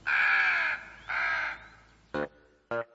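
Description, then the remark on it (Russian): Several black crows circling overhead caw four times with no voices: two long, harsh, drawn-out calls followed by two short, clipped croaks after a pause, all loud and rasping. “Над ним кружило несколько черных противных птиц.”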